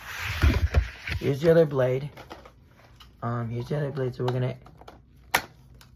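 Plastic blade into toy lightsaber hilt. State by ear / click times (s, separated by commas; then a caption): seated / 5.3 s. A plastic blade is pushed into the hilt of a second toy lightsaber while someone talks. A sharp click is heard at 5.4 seconds as the blade snaps in and seats.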